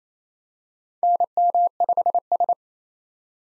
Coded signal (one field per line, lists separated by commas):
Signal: Morse code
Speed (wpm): 28 wpm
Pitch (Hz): 700 Hz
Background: none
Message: NM5S